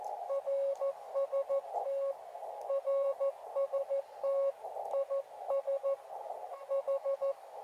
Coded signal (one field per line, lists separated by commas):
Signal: Morse code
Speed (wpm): 14 wpm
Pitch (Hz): 550 Hz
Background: radio noise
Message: RST RST IS H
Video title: Ham Radio Outdoor CW Ops ~ Horned Owl @ Oklahoma Ranch